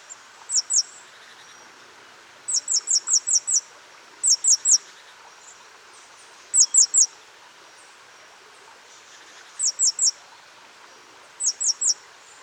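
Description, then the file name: Great tit calls: very high, thin, sharp notes in quick groups of three to five, repeated every couple of seconds against a faint steady hiss. "Parus major"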